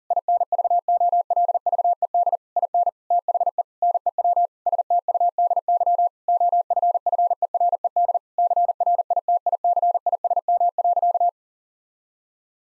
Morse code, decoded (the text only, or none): INVOLVED IN THE NEW STUDY OFFERED CRITICISM.